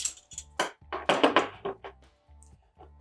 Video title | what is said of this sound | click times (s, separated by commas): 트레일케그 사용방법1- 본사영상 01 TrailKeg Pressurized Growler Usage Basics | and press down you'll hear it snap into place | 0.6 s, 1.1 s